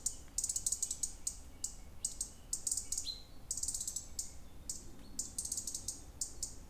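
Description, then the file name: European Robin song: short, very high, glittering phrases with a thin slur, each burst separated by brief pauses, over a low background rumble. "rouge gorge"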